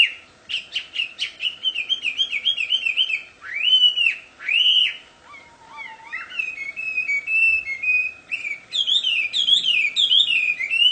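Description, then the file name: Chinese hwamei song of rapid repeated whistled notes, then a couple of loud arching notes, a short lull and a return to quick rolling whistles. Wild bird singing in the wild. "audio-kicauan-burung-hwamei-di-alam-liar -omkicau"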